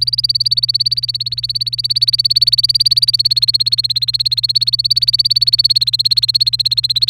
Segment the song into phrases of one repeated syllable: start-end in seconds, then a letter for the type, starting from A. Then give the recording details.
0.00-7.09 A. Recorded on 29 April 2018 at 05:44. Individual llb3